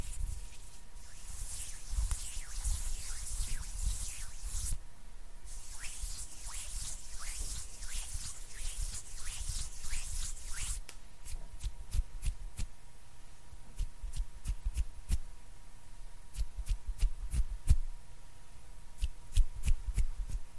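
Hands rub and brush against each other in quick, dense bursts of bright rustling for the first ten seconds or so, pausing briefly near five seconds. After that the rubbing stops and sharp, evenly spaced clicks or taps follow in clusters, with low thumps underneath and a faint steady tone throughout.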